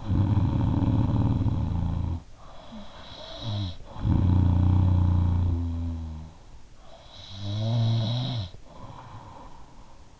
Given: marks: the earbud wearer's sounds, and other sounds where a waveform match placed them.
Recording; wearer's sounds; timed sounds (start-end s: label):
sounds in sleep by an in-ear microphone; snoring breath
0.00-10.20 s: snoring breath